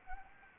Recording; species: mosquito wingbeat signal from an infrared sensor; Anopheles gambiae